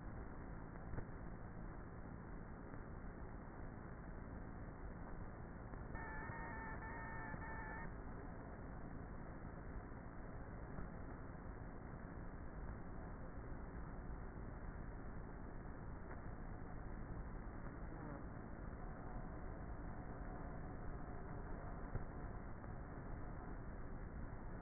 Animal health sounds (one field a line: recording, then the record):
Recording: honeybee colony, microphone inside the hive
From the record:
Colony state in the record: queenless with a low population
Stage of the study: before two queens were removed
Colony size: about 30,000 bees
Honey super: no